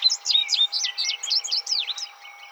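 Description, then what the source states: Indigo bunting song phrase: high, sharp notes in quick pairs, sweeping up and down, fading at the end. 26 June 2007.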